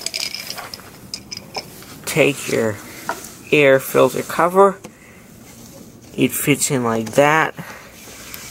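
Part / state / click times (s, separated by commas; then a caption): air filter cover onto lawn mower carburetor housing / seated / 8.3 s. A plastic air filter cover is slid into place on the carburetor housing of a Lawn-Boy F engine lawn mower, with a few short handling clacks near the start while someone talks. The cover seats with a single short click at 8.3 s.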